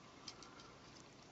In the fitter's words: the front end of his car you can hear it click into place